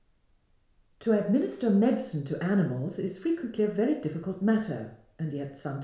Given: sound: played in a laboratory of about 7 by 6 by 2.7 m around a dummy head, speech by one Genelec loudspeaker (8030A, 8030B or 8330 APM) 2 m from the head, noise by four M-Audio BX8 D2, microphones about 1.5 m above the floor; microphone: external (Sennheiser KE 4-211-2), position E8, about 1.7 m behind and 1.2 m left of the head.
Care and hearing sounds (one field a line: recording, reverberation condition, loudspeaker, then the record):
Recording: female speech in English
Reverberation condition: medium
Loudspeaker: 120 degrees to the left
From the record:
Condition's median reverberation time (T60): about 510 ms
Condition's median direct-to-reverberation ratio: about -0.5 dB